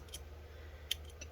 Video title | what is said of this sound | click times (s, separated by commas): Lenovo Legion 5 15IMH05 Disassembly RAM SSD Hard Drive Upgrade LCD Screen Replacement Repair | lined up again and push it straight down there we go and it should click in place | 0.9 s